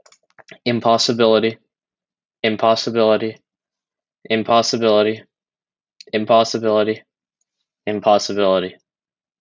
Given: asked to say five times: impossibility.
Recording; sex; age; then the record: repeated word; male; 20 to 29 years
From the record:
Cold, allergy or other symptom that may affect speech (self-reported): no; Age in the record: 20 years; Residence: Texas, United States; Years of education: 16